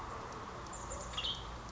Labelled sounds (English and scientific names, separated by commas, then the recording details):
Western Tanager (Piranga ludoviciana)
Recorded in Sonoma County, California